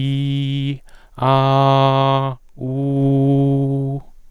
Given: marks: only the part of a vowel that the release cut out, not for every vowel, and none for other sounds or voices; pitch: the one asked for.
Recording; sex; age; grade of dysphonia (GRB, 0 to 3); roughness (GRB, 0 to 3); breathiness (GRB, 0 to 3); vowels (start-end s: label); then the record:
sustained vowels; male; 40 to 49 years; 0; 0; 0
0.00-0.68 s: vowel /i/, normal pitch
1.30-2.19 s: vowel /a/, normal pitch
2.71-3.88 s: vowel /u/, normal pitch
From the record:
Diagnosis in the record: dysphonia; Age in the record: 41 years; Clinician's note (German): Transsexuell